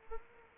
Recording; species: mosquito wingbeat signal from an infrared sensor; Anopheles arabiensis